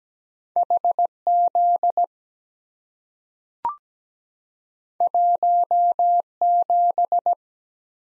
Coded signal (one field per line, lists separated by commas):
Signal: Morse code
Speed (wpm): 17 wpm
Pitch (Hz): 700 Hz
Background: none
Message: H Z 1 7